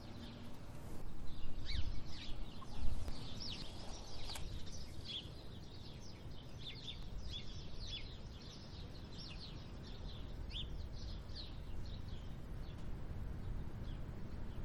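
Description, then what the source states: Sparrows chirping continuously, many short high notes overlapping, under a heavy rumble of wind. Windy conditions.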